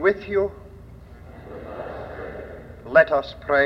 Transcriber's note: audience mumbles